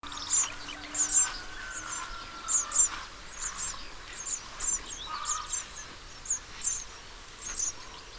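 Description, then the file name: House sparrow calls: sharp, high chirps repeated irregularly, singly or in pairs, over background noise. "Passer domesticus"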